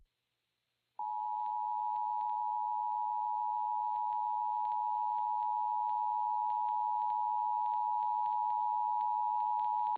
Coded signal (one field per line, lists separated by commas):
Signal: Emergency Alert System (SAME) tones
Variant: 853 and 960 Hz attention tone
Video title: EAS 2